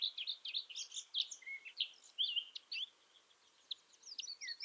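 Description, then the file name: Eurasian blackcap song: a fast, jumbled, scratchy warble of high twittering notes. "Sylvia atricapilla"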